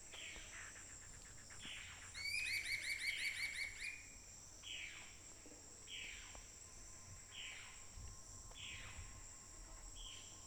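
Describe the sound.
Bird gives a bright, buzzy rattling trill lasting two seconds, followed by five evenly spaced downward-slurred calls, all over a steady high-pitched insect chorus.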